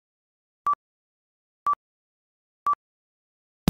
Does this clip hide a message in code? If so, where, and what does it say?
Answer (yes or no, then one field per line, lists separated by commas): no